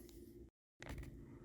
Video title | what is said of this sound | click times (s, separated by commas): Hercules Compact Jobsite Table Saw Review | knob to the lock position and it locks in place very very easy really like that | 0.8 s